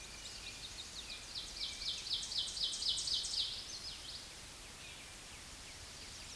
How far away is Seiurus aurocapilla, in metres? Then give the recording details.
about 10 m. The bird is about 5 m above the microphone. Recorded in a Pennsylvania forest on 16 May 2024 at 07:34. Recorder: AudioMoth, point MSD-1307. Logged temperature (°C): 16.6 °C. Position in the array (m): 209 m, 129 m